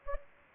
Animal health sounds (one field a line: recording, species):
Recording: mosquito wingbeat signal from an infrared sensor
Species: Anopheles gambiae